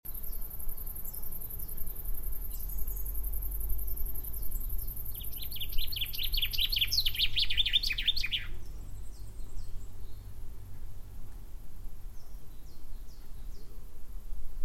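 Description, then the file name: Common chaffinch song: a cascade of chipping notes falling to a terminal flourish. A steady high hiss runs until partway through the song, with faint calls and low rumble. "Fringilla coelebs"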